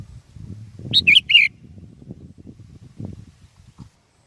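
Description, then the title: Sooty-headed bulbul song: one quick phrase of three liquid, bubbling notes, with a soft low rumble underneath. "kutilang"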